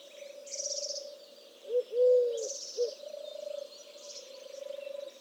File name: touterelle turque